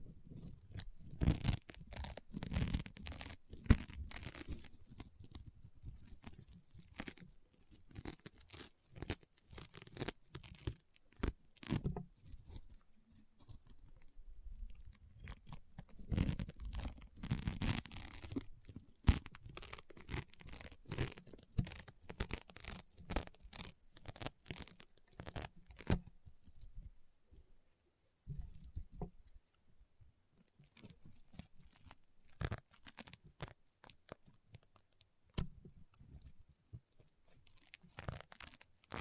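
Crunchy, popping sounds of honeycomb slime being pressed and squeezed, a dense run of sharp crackles and pops with brief tearing textures. Activity is busiest in the first half, thins into a near-silent pause around 27 seconds, then resumes in sparser bursts.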